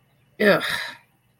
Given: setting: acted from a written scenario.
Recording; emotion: vocal sound without words; contempt